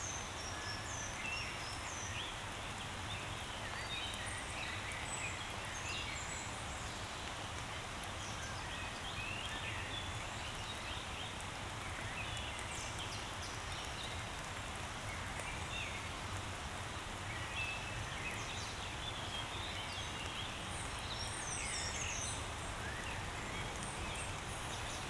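Birds sing through a steady wash of light rain and the murmur of a river. Short bright chirps and trills come often across the whole stretch, over an even, dense background hiss with a low rumble underneath.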